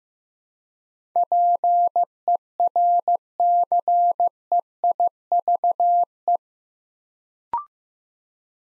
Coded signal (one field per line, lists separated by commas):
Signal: Morse code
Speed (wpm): 15 wpm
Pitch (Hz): 700 Hz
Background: none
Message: PERCEIVE